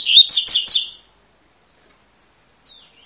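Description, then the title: Double-collared seedeater phrase of rapid, sharp, buzzy notes, followed by a thin, high, trailing twitter. Tui-tui song style, a teacher song for training young birds. "COLEIRO TUI TUI FIBRA CANTO PROFESSOR"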